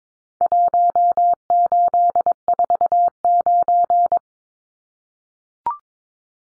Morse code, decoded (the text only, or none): 1849